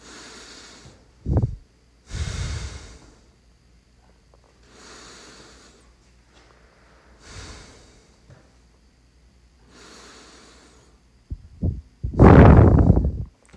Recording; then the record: deep breathing after running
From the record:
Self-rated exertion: moderate exertion (3 of 6); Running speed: 5 miles an hour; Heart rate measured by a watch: 112 beats a minute at the start, 108 at the end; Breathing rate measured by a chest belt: 11 breaths a minute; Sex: male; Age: 31 years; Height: 178 cm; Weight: 72 kg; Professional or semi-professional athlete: no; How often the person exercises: 3 to 5 times a week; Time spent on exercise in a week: 2 to 3 hours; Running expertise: yes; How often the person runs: 3 to 5 times a week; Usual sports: running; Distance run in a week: 5 km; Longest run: 10 km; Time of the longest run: 65 minutes